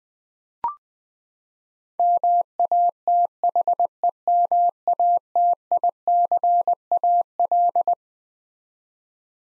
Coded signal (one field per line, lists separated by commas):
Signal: Morse code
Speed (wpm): 20 wpm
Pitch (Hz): 700 Hz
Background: none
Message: MATHEMATICAL